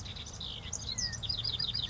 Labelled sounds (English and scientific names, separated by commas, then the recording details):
House Wren (Troglodytes aedon)
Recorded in Sonoma County, California